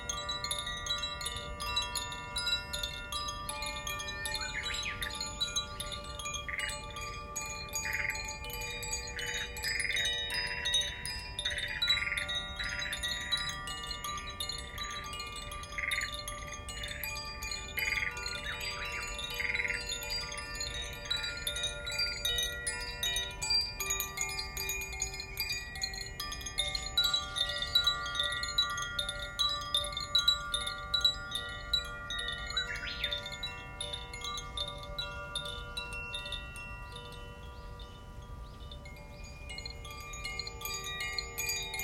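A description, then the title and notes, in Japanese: Wind chimes ring steadily throughout, their clear tones overlapping and lingering over a constant soft hiss of rain. Short bird calls flick in repeatedly between about five and twenty seconds, with another brief call near thirty-three seconds. 雨とチャイム。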